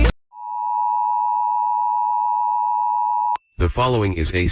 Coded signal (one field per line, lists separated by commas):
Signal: Emergency Alert System (SAME) tones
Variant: 853 and 960 Hz attention tone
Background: speech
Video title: EAS- Missouri Statewide Required Monthly Test (RMT) On WJON GWES Stream and KSLZ-FM